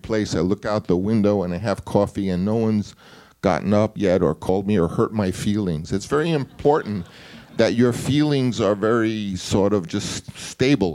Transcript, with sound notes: I look out the window, and I have coffee, and no one's gotten up yet or called me or hurt my feelings.
(SOUNDBITE OF LAUGHTER)
It's very important that your feelings are very, sort of, just stable.